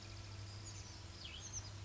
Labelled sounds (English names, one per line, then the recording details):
Oak Titmouse
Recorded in Sonoma County, California